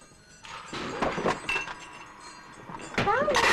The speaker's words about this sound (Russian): Манукян осторожно заходит в темную квартиру. За ним захлопывается дверь.